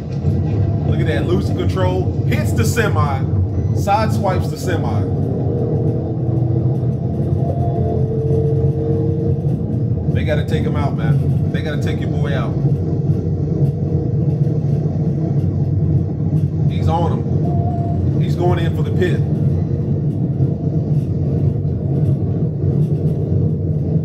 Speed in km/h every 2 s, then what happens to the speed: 140, 135, 150, 164, 174, 182, 193, 190, 177, 174, 185, 192.
2-12 speeds up to 193. 12-18 slows to 174. 18-24 speeds up to 192.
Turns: none.